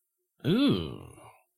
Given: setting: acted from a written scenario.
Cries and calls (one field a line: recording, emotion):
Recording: vocal sound without words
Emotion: disgust